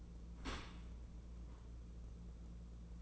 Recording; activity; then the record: daily activity, microphone in the room; open dishwasher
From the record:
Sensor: 1